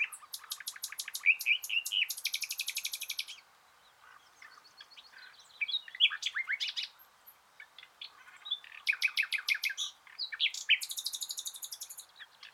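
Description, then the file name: Common nightingale singing: quick repeated clicking notes leading into a harsh buzzy trill, a pause, then more varied chirps and another rattling buzzy phrase. "Luscinia megarhynchos"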